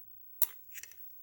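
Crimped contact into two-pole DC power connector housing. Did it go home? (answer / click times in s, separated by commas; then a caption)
yes / 0.4 s. A crimped metal contact on a 12V lead is slid into the plastic housing of a two-pole high-current DC quick connect and snaps home under the latch with a sharp click at 0.4 s. Softer clicking and rattling follow around 0.8 s. The contact is seated in the housing.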